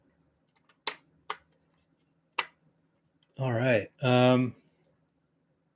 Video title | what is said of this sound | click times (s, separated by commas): Live Build Pt. 2 - Lego Porsche 911 10295 - Turbo or Targa? | should snap right in place | 0.9 s